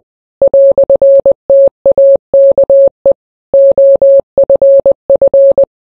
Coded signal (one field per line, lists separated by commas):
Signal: Morse code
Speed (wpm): 20 wpm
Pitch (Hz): 550 Hz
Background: none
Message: "TAKE OFF